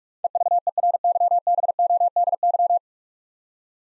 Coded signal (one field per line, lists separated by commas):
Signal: Morse code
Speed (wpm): 44 wpm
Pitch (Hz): 700 Hz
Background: none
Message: EVERYBODY